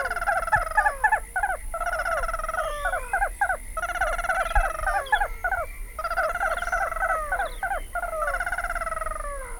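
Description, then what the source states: Ash-throated crake giving a rapid, continuous chatter of harsh, harmonic notes, many sliding downward, in dense bursts with brief gaps throughout. Recorded 15 December 2009.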